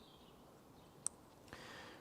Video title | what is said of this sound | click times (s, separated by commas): INSTALLING HERITAGE STLYE HEADLIGHTS TO MY LAND ROVER DEFENDER - ORE | we'll keep pushing until it clicks and then the blue into the top | 1.1 s